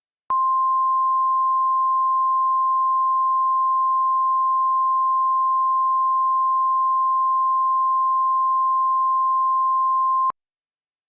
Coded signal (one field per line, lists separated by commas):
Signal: Emergency Alert System (SAME) tones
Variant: 1050 Hz attention tone